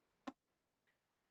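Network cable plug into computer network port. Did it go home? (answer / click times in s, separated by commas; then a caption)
yes / 0.3 s. An RJ45 network cable with a plastic latch hook is pushed into a computer's network port and gives one sharp click at 0.3 s, followed by a faint, softer tick near 0.9 s. The click confirms the plug is seated and connected.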